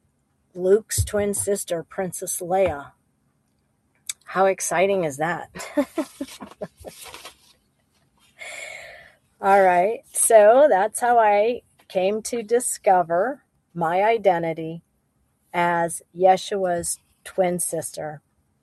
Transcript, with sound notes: Luke's twin sister, Princess Leia. How exciting is that? (laughs) All right, so that's how I came to discover my identity as Yeshua's twin sister.